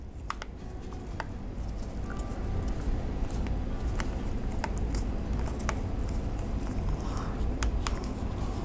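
A metal back cover is firmly pressed around its edges onto an iPod Classic housing after a battery replacement. Sharp clicks ring out at 0.3, 4.0, 4.6, 5.7, 7.6 and 7.9 seconds over a steady low background hum. The last clips snap home and the cover is seated.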